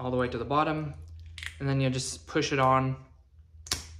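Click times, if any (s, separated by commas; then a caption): 3.7 s. Someone talks while an MC connector is slid down over the conductors to the armor of an armored MC cable, then pushed on. A sharp snap at 3.7 s marks the snap-in connector seating onto the cable.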